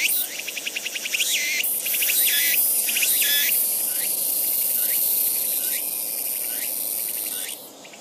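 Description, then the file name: Walker's cicada song: loud, high, grating phrases, each pulsing and then sweeping upward, repeated about once a second, then merging into a steady shrill drone that fades at the end. "tutuhousi"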